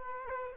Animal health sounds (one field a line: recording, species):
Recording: mosquito wingbeat signal from an infrared sensor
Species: Aedes aegypti